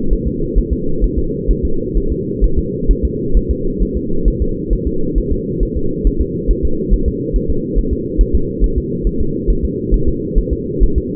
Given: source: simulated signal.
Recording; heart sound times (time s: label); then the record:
fetal heart sounds
0.13 s: S1
0.28 s: S2
0.58 s: S1
0.73 s: S2
1.04 s: S1
1.19 s: S2
1.51 s: S1
1.65 s: S2
1.97 s: S1
2.12 s: S2
2.44 s: S1
2.59 s: S2
2.91 s: S1
3.05 s: S2
3.37 s: S1
3.51 s: S2
3.82 s: S1
3.97 s: S2
4.28 s: S1
4.42 s: S2
4.73 s: S1
4.87 s: S2
5.18 s: S1
5.32 s: S2
5.63 s: S1
5.77 s: S2
6.07 s: S1
6.21 s: S2
6.51 s: S1
6.65 s: S2
6.94 s: S1
7.08 s: S2
7.36 s: S1
7.50 s: S2
7.78 s: S1
7.93 s: S2
8.21 s: S1
8.35 s: S2
8.64 s: S1
8.78 s: S2
9.07 s: S1
9.21 s: S2
9.50 s: S1
9.65 s: S2
9.94 s: S1
10.08 s: S2
10.38 s: S1
10.53 s: S2
10.83 s: S1
10.98 s: S2
From the record:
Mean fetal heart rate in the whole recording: 135 bpm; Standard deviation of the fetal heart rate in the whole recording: 3 bpm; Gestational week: 36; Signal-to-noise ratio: -8.1 dB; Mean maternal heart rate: 72 bpm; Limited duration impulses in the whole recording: present